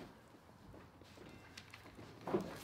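A rear seat back is lifted up onto its hinge bracket in an STI car, with quiet rustling and handling noise, small taps near 1.6 and 1.7 s, and a louder low thump at about 2.3 s. The clip ends before the seat back locks into place, so nothing has seated or clicked yet.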